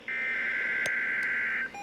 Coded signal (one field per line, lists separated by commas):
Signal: Emergency Alert System (SAME) tones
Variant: header bursts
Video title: Mount Holly FFW (EAS #111)